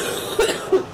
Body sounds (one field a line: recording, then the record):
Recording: coughing mixed with background sound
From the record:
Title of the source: 30 Chesty and wet cough